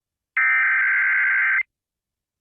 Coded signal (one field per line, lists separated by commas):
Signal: Emergency Alert System (SAME) tones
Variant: header bursts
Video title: IN TOR EAS #681